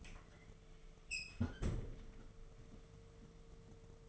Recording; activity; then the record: daily activity, microphone in the room; close fridge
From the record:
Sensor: 4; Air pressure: 1015.8 hPa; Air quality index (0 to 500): 190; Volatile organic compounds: 9 ppm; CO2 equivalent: 2189 ppm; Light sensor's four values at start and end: 8/18/7/7 and 11/24/10/9